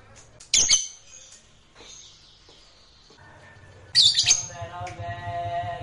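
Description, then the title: Lovebird squawks: two harsh high bursts a few seconds apart, with softer chatter between and a low hum in the second half. Fighter-class lovebird. "Begitu Dengar Suara Lovebird FIGHTER NGEKEK PANJANG"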